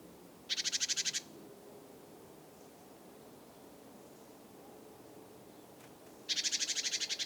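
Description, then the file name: Great tit giving harsh, fast-pulsed chattering bursts, one early and one near the end, over a soft background hiss. "Parus major"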